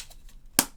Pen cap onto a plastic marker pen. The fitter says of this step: Make sure it clicks in a place.